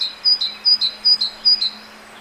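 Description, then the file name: Great tit song: bright two-note phrases, a high note dropping to a slightly lower one, repeated four times at a quick even pace against a faint steady hum. "Parus major"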